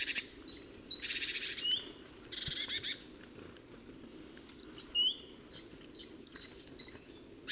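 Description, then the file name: Great tit calls: harsh buzzy bursts, then after a quiet spell a quick sequence of thin, repeated chirping notes over a low hum. "Parus major"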